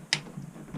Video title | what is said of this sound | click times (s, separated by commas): seized up Volvo Penta MD1B / S1 E7 | you can hear like click when the torque wrench is letting go all right | 0.1 s